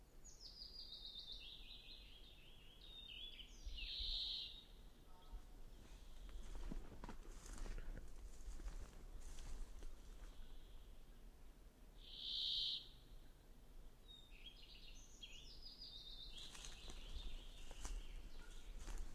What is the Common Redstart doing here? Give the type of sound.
song